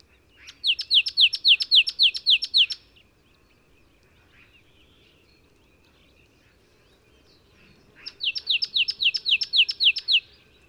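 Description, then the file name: Great tit song: two bursts of quick, bright two-note phrases, each note sliding downward, repeated several times per burst with a quiet gap between. "Parus major"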